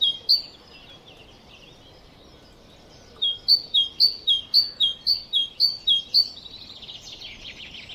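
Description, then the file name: Great tit song: one two-note phrase, a pause, then a rapid run of repeated two-note phrases, ending in a softer buzzy chatter. "Parus major"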